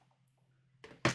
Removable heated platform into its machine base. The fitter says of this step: put this one back put the platform back in until it clicks